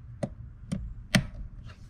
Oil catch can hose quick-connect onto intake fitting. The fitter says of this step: listen for the click